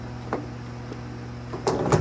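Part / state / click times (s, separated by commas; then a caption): white locking tab of an electrical connector on the truck's blower circuit / not seated / none. A wiring connector is pushed up onto the blower component of a 2014 Ram 1500 while its white plastic connector lock is brought up, over a steady low hum. Brief handling knocks sound at about 0.3, 1.7 and 1.9 seconds. Nothing has seated or clicked yet.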